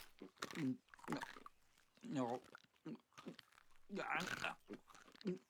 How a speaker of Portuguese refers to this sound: Demoro pra mastigar, eu concordo. Mas estou bem satisfeito. E a propósito, isso aqui tem muita fibra. Muita.